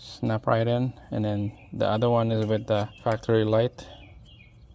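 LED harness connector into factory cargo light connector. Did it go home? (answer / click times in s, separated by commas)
no / none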